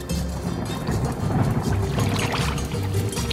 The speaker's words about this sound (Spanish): ¿Qué está haciendo usted, my friend? Recogiendo agua de lluvia, ¿no ve? Eso está prohibido. ¿Cómo que prohibido? ¡Prohibido! El agua de lluvia pertenece a la Bechtel Enterprise, a nuestra compañía.